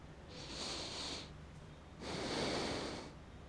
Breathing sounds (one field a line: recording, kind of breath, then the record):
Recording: one breath in and out by a microphone near the nose and mouth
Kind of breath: deep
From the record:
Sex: male